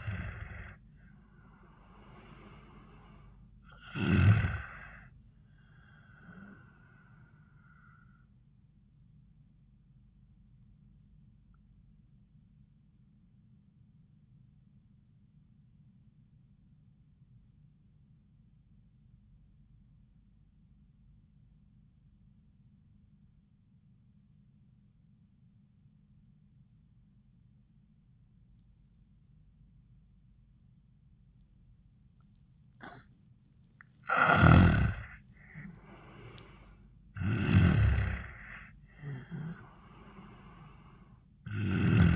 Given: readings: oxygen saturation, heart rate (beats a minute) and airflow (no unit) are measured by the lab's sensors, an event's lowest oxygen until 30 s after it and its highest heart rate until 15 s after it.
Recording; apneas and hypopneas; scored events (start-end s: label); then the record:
breathing in sleep by a smartphone at the bedside; 1
15.00-33.90 s: obstructive apnea (N1, oxygen 97% highest, then 84% lowest, heart rate 82 at the start, 90 highest)
From the record:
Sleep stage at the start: N1 (lightest sleep); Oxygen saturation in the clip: 84 to 97%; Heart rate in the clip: 79 to 90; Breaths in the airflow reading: 5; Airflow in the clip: -18.0 to 13.9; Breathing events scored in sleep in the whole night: 400 in 8.7 hours asleep